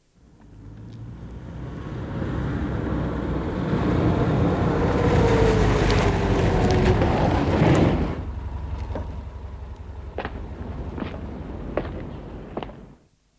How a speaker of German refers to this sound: Nur die Gipfel der Berge spiegeln sich in den Stauseen über Kaprun. Und durch die Druckrohrleitungen schießt das gefangene Wasser zu Tal.